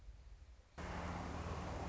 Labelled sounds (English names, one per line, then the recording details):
Song Sparrow
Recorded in Sonoma County, California